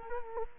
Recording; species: mosquito wingbeat signal from an infrared sensor; Culex quinquefasciatus